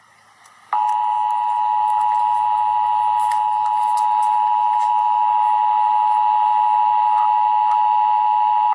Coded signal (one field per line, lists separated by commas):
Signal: Emergency Alert System (SAME) tones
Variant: 853 and 960 Hz attention tone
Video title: Emergency Alert System - Extreme Heat Warning - Jun 29, 2026 at 12:15 PM EDT